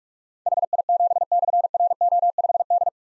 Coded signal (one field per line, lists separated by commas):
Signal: Morse code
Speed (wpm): 44 wpm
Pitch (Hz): 700 Hz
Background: none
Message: HI7/RO5D